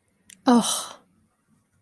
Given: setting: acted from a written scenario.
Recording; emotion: vocal sound without words; contempt